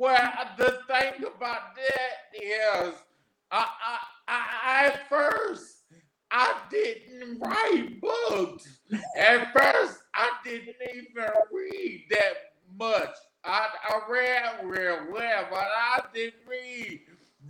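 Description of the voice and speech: Halting, effortful male speech with repeated words, drawn-out sounds and frequent pauses: aphasia in a 41-year-old man after three strokes, the first at age 27, caused by an arteriovenous malformation in the brain stem, 13 years earlier. He can do everything except walk and talk right.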